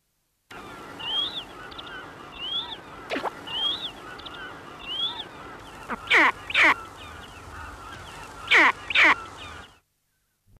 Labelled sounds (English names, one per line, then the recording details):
Great Skua call
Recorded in captivity
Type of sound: call
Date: 1974-06-04
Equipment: Halbspur, 9,5 cm/s
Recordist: Lütgens, Hans
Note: Rufe von Adulten mit Jungen